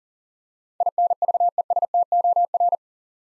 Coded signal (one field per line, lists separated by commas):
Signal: Morse code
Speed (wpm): 40 wpm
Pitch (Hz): 700 Hz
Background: none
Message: INVESTOR